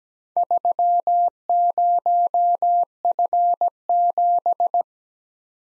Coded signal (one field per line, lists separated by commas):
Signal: Morse code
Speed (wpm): 17 wpm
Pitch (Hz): 700 Hz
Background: none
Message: 30F7